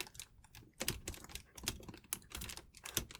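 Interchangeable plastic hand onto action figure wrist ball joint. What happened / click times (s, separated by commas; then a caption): A small plastic part is handled but not yet seated; several crisp ticks could be mistaken for a seating click / none. A plastic finger-pointing hand is handled and pushed toward the wrist ball joint peg of a 2020 Great Ape Vegeta S.H.Figuarts Dragon Ball Z action figure. Dry plastic rattling and rubbing are heard, with short sharp ticks at about 0.9, 1.7, 2.1 and 3.0 seconds. Nothing has seated or clicked into place yet.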